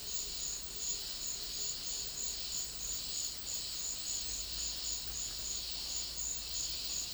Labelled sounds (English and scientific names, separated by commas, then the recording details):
none
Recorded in dense forest near Puerto Asís, Putumayo, Colombia, on 21 February 2024 at 10:00
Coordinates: 0.500, -76.322
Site G6465